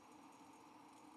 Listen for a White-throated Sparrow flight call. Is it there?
no